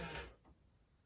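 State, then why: Not seated. A part is being fitted onto a Spirit Halloween 2021 Henry Hustle animatronic figure during setup. A broad, noisy rustling scrape fills the first 0.3 seconds, then a fainter brief scrape comes around 0.45 seconds before the clip goes quiet. The part has not clicked into place.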